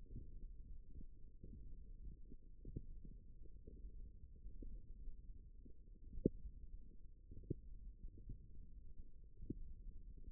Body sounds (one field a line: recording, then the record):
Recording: forearm muscle sounds (acoustic myography)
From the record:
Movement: index flexion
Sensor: system 1, eight BSWA MPA416 microphones around the upper forearm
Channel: 4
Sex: female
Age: 22 years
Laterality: right